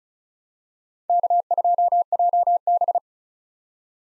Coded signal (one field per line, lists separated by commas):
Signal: Morse code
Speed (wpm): 34 wpm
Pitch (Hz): 700 Hz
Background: none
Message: K2JB